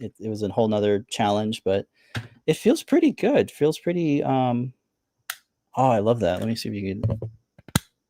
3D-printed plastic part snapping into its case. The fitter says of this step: That's the click that you get from it being um you know, put away essentially put away.